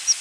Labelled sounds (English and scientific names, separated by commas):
Palm Warbler (Setophaga palmarum) flight call